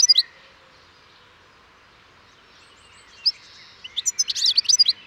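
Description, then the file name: European goldfinch song: a brief burst of high twittering notes at the start, a long pause broken by a single chirp, then a denser run of bright, tinkling chirps near the end. "Carduelis carduelis"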